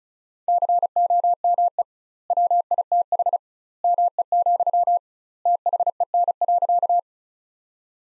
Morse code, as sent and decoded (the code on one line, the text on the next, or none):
-.-. --- -- . / .-- .. - .... / -- . --..-- / - .... . -. .-.-.-
COME WITH ME, THEN.